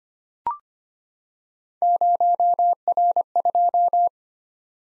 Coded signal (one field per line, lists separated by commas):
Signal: Morse code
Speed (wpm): 25 wpm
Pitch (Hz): 700 Hz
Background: none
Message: 0R2